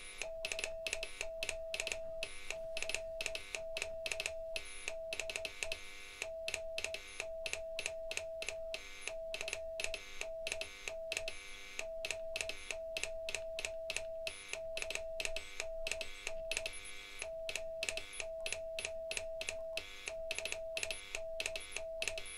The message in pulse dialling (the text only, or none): none